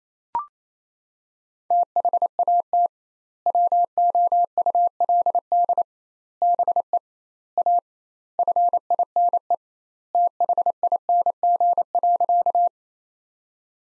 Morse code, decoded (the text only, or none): THAT WOULD BE A FINE THING.